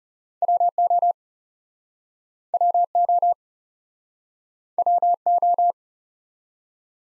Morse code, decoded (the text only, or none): W O W O W O